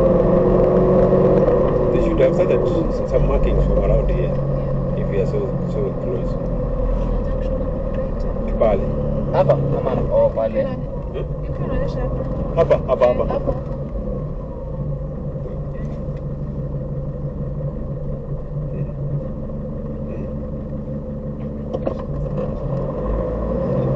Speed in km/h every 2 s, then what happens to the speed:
36, 31, 29, 28, 23, 16, 13, 3, 0, 0, 0, 0.
0-15 slows to 0. 15-24 standing.